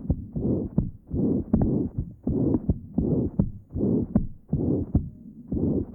With severe mitral insufficiency, recording taken at mitral area. Note the pan-systolic murmur and the loud third sound.